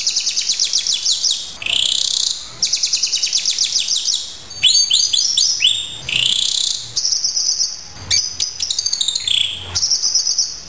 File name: branjangan raja kayangan masteran